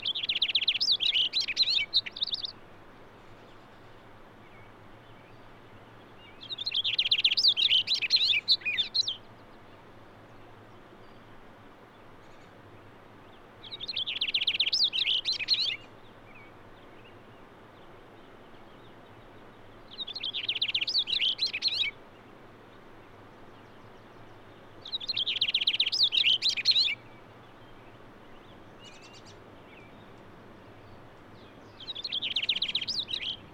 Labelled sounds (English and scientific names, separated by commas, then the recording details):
Cassin's Finch (Haemorhous cassinii) song
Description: Cassin's Finch song recorded at Hollowell Park in Rocky Mountain National Park
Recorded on 6 June 2017